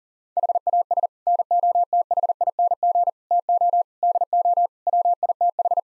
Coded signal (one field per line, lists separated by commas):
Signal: Morse code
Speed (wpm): 40 wpm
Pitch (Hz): 700 Hz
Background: none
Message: HAS NOTHING TO DO WITH